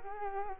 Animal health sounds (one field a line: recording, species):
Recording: mosquito wingbeat signal from an infrared sensor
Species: Culex quinquefasciatus